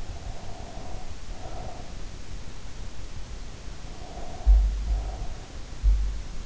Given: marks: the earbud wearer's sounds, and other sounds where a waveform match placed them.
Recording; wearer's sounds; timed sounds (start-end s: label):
sounds in sleep by an in-ear microphone; breath
0.15-2.14 s: breath
3.88-5.63 s: breath
4.22-6.46 s: sound from someone else or the room